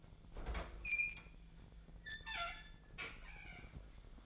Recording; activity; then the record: daily activity, microphone in the room; open fridge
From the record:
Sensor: 5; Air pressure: 1009.8 hPa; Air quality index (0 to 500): 162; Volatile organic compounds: 4 ppm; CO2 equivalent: 1577 ppm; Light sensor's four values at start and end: 116/299/124/132 and 119/304/127/135